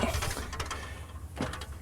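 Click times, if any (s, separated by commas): none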